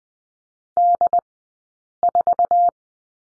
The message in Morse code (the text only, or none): D4